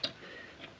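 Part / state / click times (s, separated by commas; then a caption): drum brake hardware into the brake shoe assembly / seated / 0.0 s. A rear drum brake component on an 80s–90s Ford 3/4–1 ton Sterling 10.25 axle is pushed down against the brake shoe into the shoe assembly. A sharp snap is heard at 0.0 s, followed by quieter handling noise. The hardware snaps into place and is seated.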